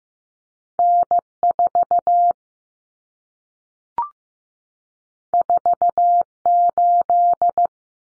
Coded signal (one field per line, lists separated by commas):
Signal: Morse code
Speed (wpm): 15 wpm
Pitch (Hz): 700 Hz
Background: none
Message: N4 48